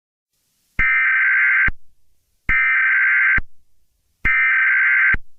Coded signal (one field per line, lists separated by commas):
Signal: Emergency Alert System (SAME) tones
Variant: header bursts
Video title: Plant Anomaly (A fictional EAS scenario)